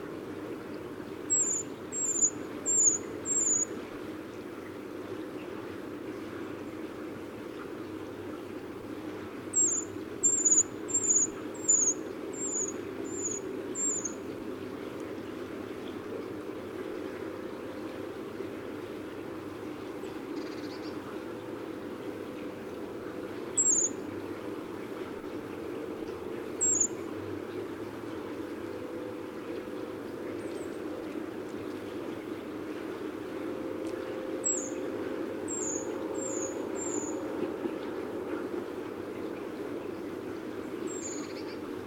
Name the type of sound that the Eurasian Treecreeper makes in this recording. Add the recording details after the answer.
call. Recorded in the wild. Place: Blumenholz, Insel Rügen, Mecklenburg-Vorpommern, DE. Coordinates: 53.455, 13.186. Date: 1980-03-08 08:23. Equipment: Nagra III BH, Sennheiser MD 21, parabola. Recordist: Schubert, Michael